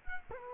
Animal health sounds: mosquito wingbeat signal from an infrared sensor; Culex quinquefasciatus

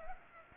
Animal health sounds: mosquito wingbeat signal from an infrared sensor; Culex pipiens

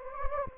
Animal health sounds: mosquito wingbeat signal from an infrared sensor; Anopheles gambiae

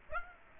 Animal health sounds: mosquito wingbeat signal from an infrared sensor; Aedes aegypti

